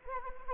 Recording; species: mosquito wingbeat signal from an infrared sensor; Anopheles arabiensis